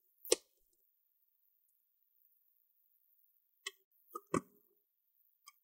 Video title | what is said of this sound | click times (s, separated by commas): How to Repaste and Clean Acer Nitro 5 AN515-52 Laptop - Step-by-Step ( N17c1 ) | you want to hear this click sound so don't worry about it | 0.3 s, 4.3 s